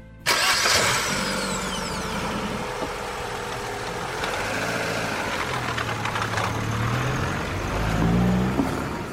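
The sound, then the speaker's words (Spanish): A car engine cranks and turns over as Ana gets into the car and starts it, then settles into a steady low idle with a loud, rumbling drone that swells slightly near the end. “Ana sube al coche y arranca, y Remi cierra la puerta tras de sí.”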